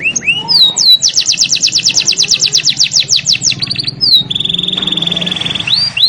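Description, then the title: Canary song: a few high slurred whistles, then a rapid rolling trill of rising notes, a brief faster trill, and a steady high trill lasting about a second. Song used as a lure to make lazy, non-singing canaries start singing steadily. "mster Mnuk. PANCINGAN KENARI"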